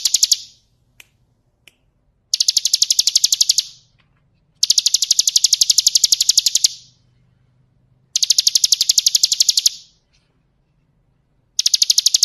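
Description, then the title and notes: Bar-winged Prinia song: high, rapid buzzy trills in bursts of one to over two seconds, separated by short silent pauses, with two faint clicks after the first burst. Continuous trilling song style called ngebren, recorded for use as a training recording for magpie-robins. "Suara burung ciblek - Suara Nada"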